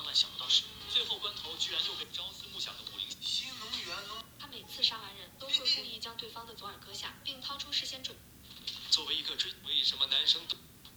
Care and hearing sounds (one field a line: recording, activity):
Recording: daily activity, guitar pickup as the sensor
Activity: browse video